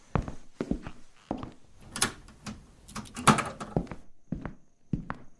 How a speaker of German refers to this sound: Ich schließe mal lieber die Tür ab.